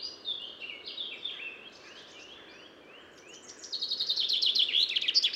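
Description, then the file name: Common chaffinch singing: a series of sliding, down-slurred notes that soften, then a louder, fast, high trill builds toward the end. "Fringilla coelebs"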